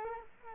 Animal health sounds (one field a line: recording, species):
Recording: mosquito wingbeat signal from an infrared sensor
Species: Culex quinquefasciatus